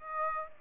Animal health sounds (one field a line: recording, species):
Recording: mosquito wingbeat signal from an infrared sensor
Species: Aedes aegypti